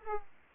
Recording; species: mosquito wingbeat signal from an infrared sensor; Aedes aegypti